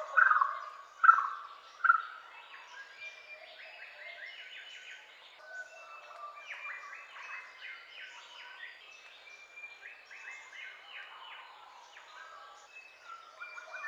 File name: orange footed scrubfowl